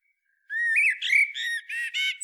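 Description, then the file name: Common blackbird making a string of rough, nasal squawks, with a slight rising note at the start. "Turdus merula"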